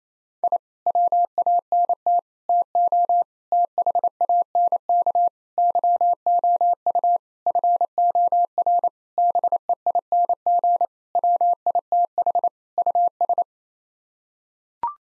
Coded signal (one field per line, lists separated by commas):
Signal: Morse code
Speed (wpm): 28 wpm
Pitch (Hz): 700 Hz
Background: none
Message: I WANT TO THANK YOU FOR BEING WITH US